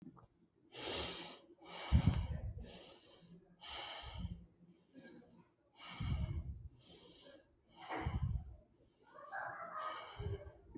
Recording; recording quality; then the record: shallow breathing; excellent, no background noise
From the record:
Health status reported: healthy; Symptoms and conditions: none ticked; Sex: male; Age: 30 years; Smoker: not ticked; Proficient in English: yes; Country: India